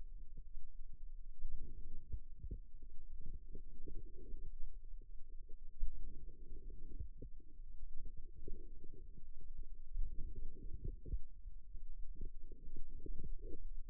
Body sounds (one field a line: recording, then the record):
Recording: forearm muscle sounds (acoustic myography)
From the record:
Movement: outward rotation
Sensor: system 2, bracelet of six BSWA MPA416 microphones around the upper forearm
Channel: 5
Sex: female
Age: 22 years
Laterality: right